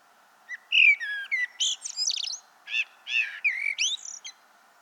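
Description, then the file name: Common blackbird delivering a long varied phrase of fluty whistles mixed with high scratchy squeaks, faint hiss behind. "Turdus merula"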